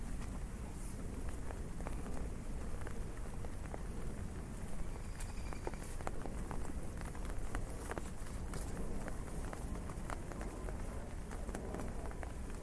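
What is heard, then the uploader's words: Rain patters steadily on an umbrella during a walk through a rainy city. A dense, even hiss is sprinkled with frequent sharp taps and drips, and a constant low rumble runs underneath. The level stays nearly unchanged throughout. Umbrella Rain City Walk. A walk through a rainy city.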